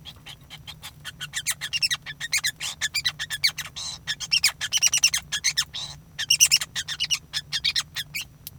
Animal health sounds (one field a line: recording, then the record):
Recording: song of a male Bengalese finch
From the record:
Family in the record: son of father 5